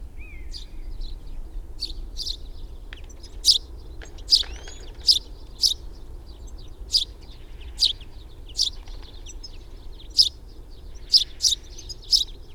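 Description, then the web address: Sparrow chirping, regular bright chirps roughly every second, softer at first, over a faint low rumble. "fugl s-spurv"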